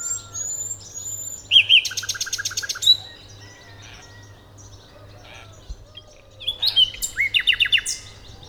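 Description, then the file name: Common nightingale song: a high whistled note, then a loud rapid rattle of repeated notes, a pause, and a later phrase of clear sliding whistles and fast repeated chips. "Luscinia megarhynchos"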